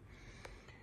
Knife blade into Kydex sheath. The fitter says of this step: and push this in till you hear like a snap.